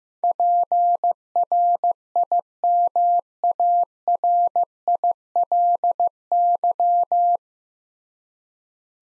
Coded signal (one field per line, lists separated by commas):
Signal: Morse code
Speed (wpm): 15 wpm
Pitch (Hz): 700 Hz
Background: none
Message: PRIMARILY